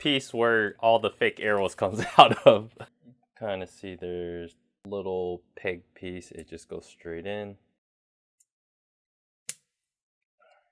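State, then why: Seated. A plastic armor piece with a peg, where the fake arrows come out, is pushed straight into an action figure's body while someone talks. After the talking stops, a single sharp snap at 9.5 s marks the piece snapping into place.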